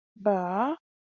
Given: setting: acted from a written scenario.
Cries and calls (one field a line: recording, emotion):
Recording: vocal sound without words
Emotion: disappointment